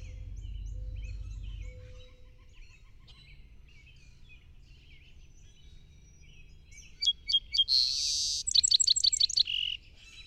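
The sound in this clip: Song sparrow singing: soft scattered chips and low rumble at first, then a loud song of quick notes, a harsh buzz, a rattling series and a closing trill.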